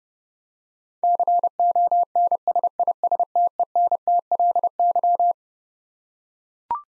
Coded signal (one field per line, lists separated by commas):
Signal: Morse code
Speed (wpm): 30 wpm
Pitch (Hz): 700 Hz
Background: none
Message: CONSISTENTLY